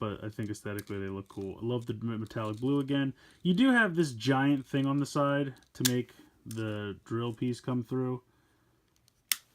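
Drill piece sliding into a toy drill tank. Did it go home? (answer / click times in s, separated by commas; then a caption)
yes / 9.3 s. Someone talks over a metallic blue DX Trigger Machine Drill toy drill tank from Lupinranger VS Patranger, then slides its plastic drill piece through the large side mechanism until it stops. After a quiet pause with two faint ticks, one sharp, loud click at 9.3 s marks the drill piece clicking into place.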